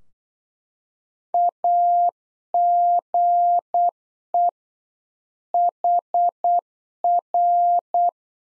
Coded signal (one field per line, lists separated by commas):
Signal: Morse code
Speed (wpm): 8 wpm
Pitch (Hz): 700 Hz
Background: none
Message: AGE HR